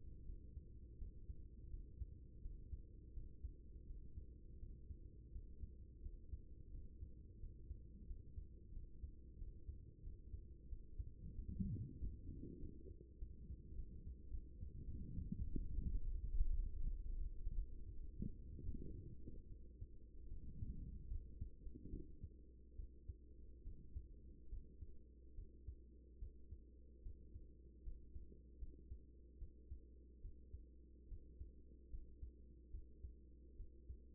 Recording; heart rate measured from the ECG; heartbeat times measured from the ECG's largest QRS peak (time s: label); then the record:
heart sounds by stethoscope; 83 bpm
0.25 s: heartbeat
0.97 s: heartbeat
1.69 s: heartbeat
2.41 s: heartbeat
3.13 s: heartbeat
3.85 s: heartbeat
4.58 s: heartbeat
5.31 s: heartbeat
6.01 s: heartbeat
6.70 s: heartbeat
7.39 s: heartbeat
8.06 s: heartbeat
8.72 s: heartbeat
9.37 s: heartbeat
10.02 s: heartbeat
10.68 s: heartbeat
11.34 s: heartbeat
11.97 s: heartbeat
12.59 s: heartbeat
13.18 s: heartbeat
13.75 s: heartbeat
14.30 s: heartbeat
14.84 s: heartbeat
15.38 s: heartbeat
15.91 s: heartbeat
16.50 s: heartbeat
17.17 s: heartbeat
17.85 s: heartbeat
18.64 s: heartbeat
19.47 s: heartbeat
20.28 s: heartbeat
21.08 s: heartbeat
21.90 s: heartbeat
22.76 s: heartbeat
23.63 s: heartbeat
24.49 s: heartbeat
25.35 s: heartbeat
26.19 s: heartbeat
27.03 s: heartbeat
27.83 s: heartbeat
28.59 s: heartbeat
29.38 s: heartbeat
30.21 s: heartbeat
31.08 s: heartbeat
31.90 s: heartbeat
32.71 s: heartbeat
33.56 s: heartbeat
From the record:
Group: healthy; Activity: Valsalva maneuver 0-13 s, rest 13-34 s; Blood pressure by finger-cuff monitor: 124/79 mmHg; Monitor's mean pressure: 93 mmHg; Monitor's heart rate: 82 bpm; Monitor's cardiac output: 6.5 L/min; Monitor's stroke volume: 70 mL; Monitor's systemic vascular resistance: 1060 dyn s/cm5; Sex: female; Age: 24 years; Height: 163 cm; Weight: 55.7 kg